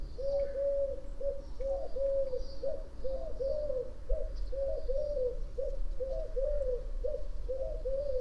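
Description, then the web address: Bird giving soft, low hooting coos in a rapid, steady series of short arched notes throughout, over a constant low rumble. "Deverinetal. Bird Only"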